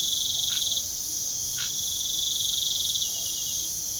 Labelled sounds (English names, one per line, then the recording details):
none
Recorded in pastures near Puerto Asís, Putumayo, Colombia, on 29 June 2025 at 00:00
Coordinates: 0.497, -76.327
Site G040